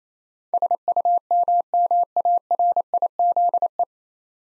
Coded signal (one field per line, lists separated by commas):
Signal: Morse code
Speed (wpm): 28 wpm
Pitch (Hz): 700 Hz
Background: none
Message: SUMMARIZE